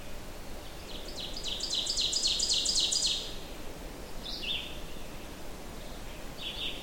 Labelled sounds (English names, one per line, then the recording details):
Ovenbird song
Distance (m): 30 m
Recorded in boreal forest in Alberta, Canada, on 23 June 2016 at 08:12
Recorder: SongMeter 3, array SBT-6-76
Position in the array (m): 25 m, 104 m
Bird 2